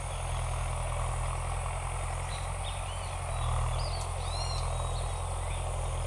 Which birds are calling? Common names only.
Great Kiskadee